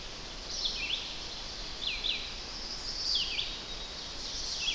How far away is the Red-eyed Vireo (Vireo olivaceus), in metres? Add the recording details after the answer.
about 60 m. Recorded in boreal forest in Alberta, Canada, on 10 June 2016 at 07:09. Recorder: SongMeter 3, array SBT-3-39. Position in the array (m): 200 m, 128 m